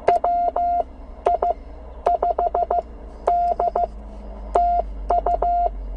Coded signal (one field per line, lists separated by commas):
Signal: Morse code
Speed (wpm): 15 wpm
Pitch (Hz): 720 Hz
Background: none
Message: WI5D TU